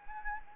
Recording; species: mosquito wingbeat signal from an infrared sensor; Anopheles gambiae